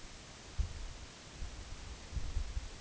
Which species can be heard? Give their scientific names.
none